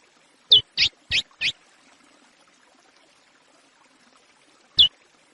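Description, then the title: Chestnut-bellied seed finch: a quick series of four short, sharp high notes, a pause, then one more note. Classic Praia song style of the chestnut-bellied seed finch, used for training young birds. "CURIÓ CANTO PRAIA CLÁ SSICO PARA TREINAMENTO DE FILHOTES"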